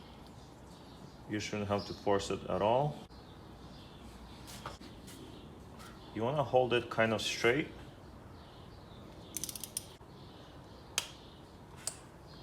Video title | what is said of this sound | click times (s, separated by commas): Easy DIY Spark Plugs and Ignition Coils Mini Cooper S R56 | you heard a click let's | 11.0 s